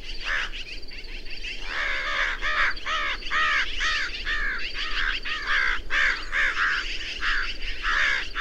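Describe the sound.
Birds in a busy chorus of short, rough, cawing calls repeated rapidly and overlapping throughout.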